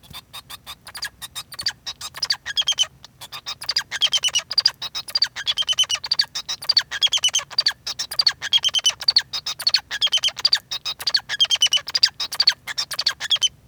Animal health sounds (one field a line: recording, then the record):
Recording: song of a male Bengalese finch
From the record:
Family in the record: son of father 2